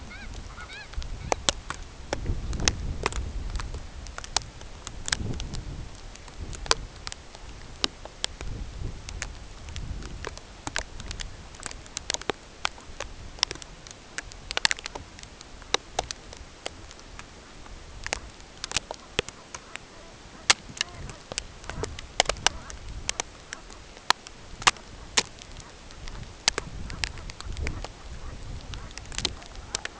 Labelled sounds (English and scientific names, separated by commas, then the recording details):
unidentified sound, Brent Goose (Branta bernicla)
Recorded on Arctic tundra, site CORI-1, on 16 June 2018
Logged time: 18:00